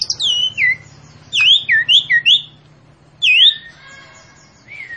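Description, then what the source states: Asian pied starling song in short bursts of downslurred whistles and squeaky notes, ending with a thin sustained tone and a falling whistle. Master recording for training captive birds.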